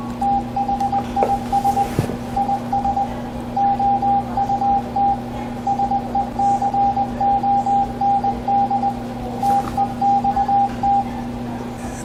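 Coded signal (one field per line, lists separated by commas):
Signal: Morse code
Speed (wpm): 20 wpm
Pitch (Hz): 800 Hz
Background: radio noise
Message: THIS IS OUT SECOND TEXT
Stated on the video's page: CW sent from a keyboard connected to a Kenwood TS-890S, with pre-programmed messages for contesting, DXpeditions and rag-chewing.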